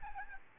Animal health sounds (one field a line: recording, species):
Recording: mosquito wingbeat signal from an infrared sensor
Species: Aedes albopictus